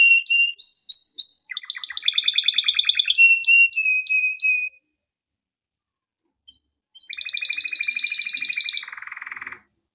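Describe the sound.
Canary singing varied phrases: quick chirps, fast rattling trills, a sustained whistle, a short silence, then a loud rolling trill ending in a buzzy phrase.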